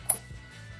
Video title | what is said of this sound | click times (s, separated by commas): DIY 2021-2025 Nissan Rogue Tail Light Replacement - How To Replace Nissan Rogue Tail Lights | Once the plug is in, press the plug down until you hear a clicking sound. | 0.1 s